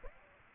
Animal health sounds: mosquito wingbeat signal from an infrared sensor; Aedes aegypti

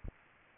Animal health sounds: mosquito wingbeat signal from an infrared sensor; Culex pipiens

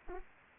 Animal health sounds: mosquito wingbeat signal from an infrared sensor; Anopheles arabiensis

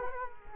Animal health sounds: mosquito wingbeat signal from an infrared sensor; Culex quinquefasciatus

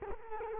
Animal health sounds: mosquito wingbeat signal from an infrared sensor; Culex quinquefasciatus

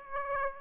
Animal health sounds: mosquito wingbeat signal from an infrared sensor; Aedes aegypti

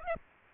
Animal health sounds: mosquito wingbeat signal from an infrared sensor; Aedes aegypti

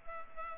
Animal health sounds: mosquito wingbeat signal from an infrared sensor; Culex pipiens

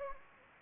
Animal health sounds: mosquito wingbeat signal from an infrared sensor; Anopheles gambiae

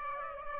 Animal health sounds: mosquito wingbeat signal from an infrared sensor; Aedes aegypti

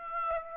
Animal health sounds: mosquito wingbeat signal from an infrared sensor; Aedes aegypti

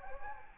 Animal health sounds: mosquito wingbeat signal from an infrared sensor; Anopheles gambiae

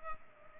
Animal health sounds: mosquito wingbeat signal from an infrared sensor; Culex pipiens

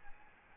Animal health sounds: mosquito wingbeat signal from an infrared sensor; Aedes albopictus

